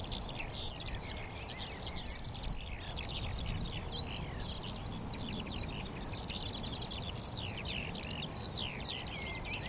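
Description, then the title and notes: Eurasian skylarks singing in a continuous chorus of rapid, high warbling trills and slurred whistles, layered over a steady low rumble. Chorus of skylarks rising from a vast open field of young barley and singing while ascending ever higher, northern edge of the Cotswolds, South Warwickshire, cloudy sky. "Sound Escape: Skylarks ascending over a field of barley. We're on the northern edge of the Cotswolds in South Warwickshire – a vast open field of young barley stretches to the horizon. Quietly at first, then all of a rush, a hidden chorus of skylarks rises from the vegetation, singing exultantly"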